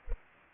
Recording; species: mosquito wingbeat signal from an infrared sensor; Culex pipiens